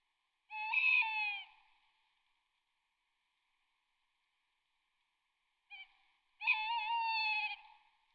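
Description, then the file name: Tawny owl hooting: one drawn-out hoot, a silence of about four seconds, then a brief note and a longer wavering, tremulous hoot. "bosuil"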